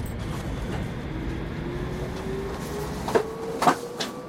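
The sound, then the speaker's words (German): Inside a compartment of an ICE high-speed train bound for Basel, a steady low rumble carries a faint motor whine that slowly climbs in pitch, with a few brief clicks and knocks near the end and no talking. “Das ist der ICE nach Basel.”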